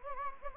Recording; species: mosquito wingbeat signal from an infrared sensor; Anopheles gambiae